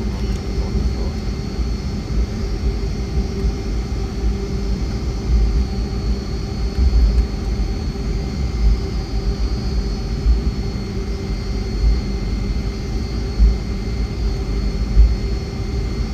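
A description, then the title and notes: Steady jet engine drone inside a Boeing 757 cabin, a dense low rumble with fixed humming tones running through it. The roar holds even for the whole stretch, with slight swells and small low thumps scattered throughout, and no voices stand out. FULL FLIGHT - Boeing 757 Frankfurt to Palma (Condor) - WHITE NOISE.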